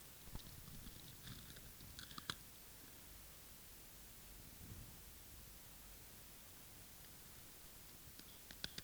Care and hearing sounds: daily activity, guitar pickup as the sensor; eat

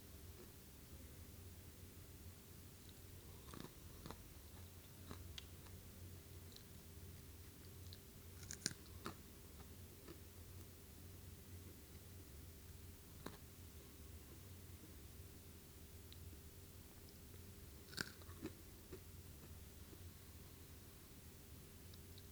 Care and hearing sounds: daily activity, guitar pickup as the sensor; eat

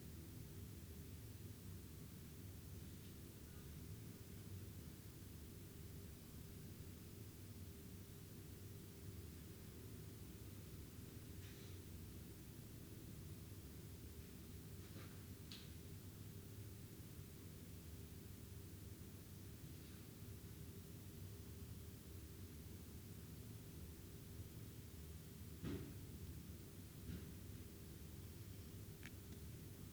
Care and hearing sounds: daily activity, guitar pickup as the sensor; lie down

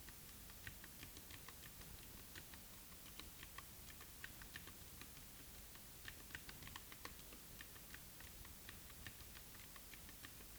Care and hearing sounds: daily activity, guitar pickup as the sensor; type

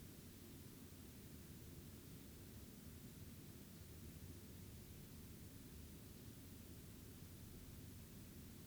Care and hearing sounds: daily activity, guitar pickup as the sensor; lie down

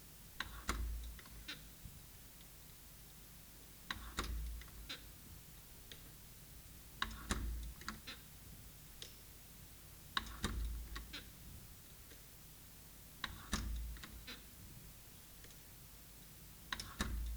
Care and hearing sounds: daily activity, guitar pickup as the sensor; manipulate door

